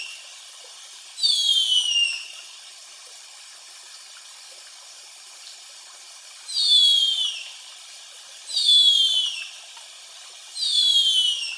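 Bird song: four bright, sharply descending sweeps rich in overtones, the first alone, the last three closer together, against faint background hiss.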